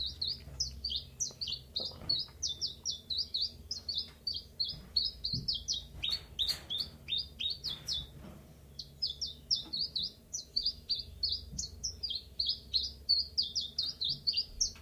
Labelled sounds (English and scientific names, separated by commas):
Common Chiffchaff (Phylloscopus collybita)